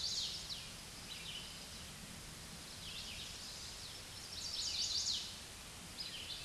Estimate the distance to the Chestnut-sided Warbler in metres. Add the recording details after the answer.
about 20 m. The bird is about 5 m above the microphone. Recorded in a Pennsylvania forest on 16 May 2024 at 07:05. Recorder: AudioMoth, point MSD-2201. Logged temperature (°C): 15.5 °C. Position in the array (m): 182 m, 62 m